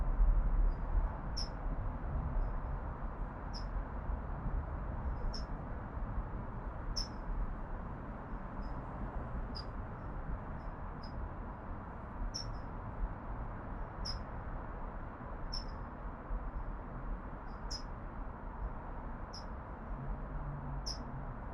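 An urban backyard in Oakland, California, with a steady low city hum and rumble underneath. Short, high, squeaky chirps repeat at a fairly regular pace, about every one to two seconds, all the way through.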